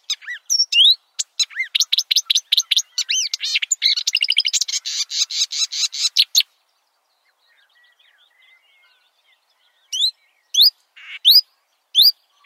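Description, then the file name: Marsh warbler song: quick rising slurs, then a long dense run of rapid ringing trills, a silent gap, and a few isolated rising notes again. "suara-kicauan-burung-marsh-warbler -omkicau"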